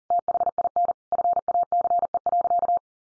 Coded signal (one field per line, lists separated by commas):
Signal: Morse code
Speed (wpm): 40 wpm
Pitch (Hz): 700 Hz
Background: none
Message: THIN FACE.